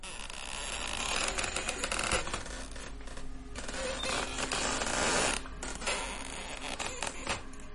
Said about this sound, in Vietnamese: Bỗng nhiên, cánh cửa của một căn phòng mở ra, trong khi căn phòng còn lại vẫn còn đang đóng kín. Cánh cửa từ từ hé mở, kèm theo tiếng bản lề gỗ vặn vẹo.